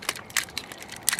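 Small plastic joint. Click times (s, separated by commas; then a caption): 1.1 s. A plastic leg or hip joint on a Macross Variable Fighter VF-1A Valkyrie transforming toy figure is worked, giving a series of short, light clicks and rattles at about 0.1, 0.4, 0.6 and 0.7 s. The loudest, sharpest click comes at 1.1 s as the joint locks into its locked position, followed by a smaller tick at 1.2 s.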